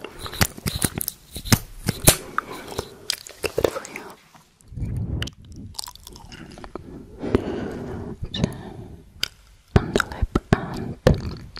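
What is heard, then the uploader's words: Wet mouth sounds and kissing clicks pop in quick, irregular bursts, dense at the start and returning near the end. Between them, soft brushing rasps over the microphone fill stretches around the middle. ASMR KISSING MOUTH SOUNDS Brush on MICROPHONE TAPPING.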